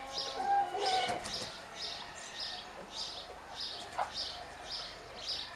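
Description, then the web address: Bird chirps, short high notes repeated rapidly, with a brief lower whistled note near the start over a constant hiss. "cianscape birddata Deverinetal 2025 Bird Only Co Pa"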